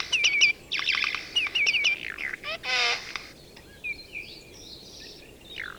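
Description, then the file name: Eurasian jay giving a rapid series of scratchy, noisy notes and looping whistles, then one strident buzzy screech, followed by softer warbling fragments. "Garrulus glandarius"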